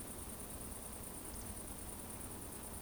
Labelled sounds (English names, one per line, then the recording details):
Eurasian Woodcock whistle
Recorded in Baden-Württemberg, Germany, on 25 June 2020 at 20:13 UTC
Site 14569, 102 m above sea level